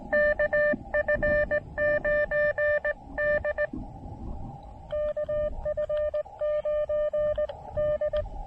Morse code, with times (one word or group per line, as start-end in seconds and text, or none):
0.1-3.7 KF9D
4.9-7.5 KF9
7.8-8.2 D